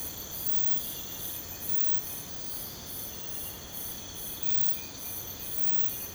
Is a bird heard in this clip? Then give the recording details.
no. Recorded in pastures near Puerto Asís, Putumayo, Colombia, on 21 March 2025 at 05:00. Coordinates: 0.472, -76.329. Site G074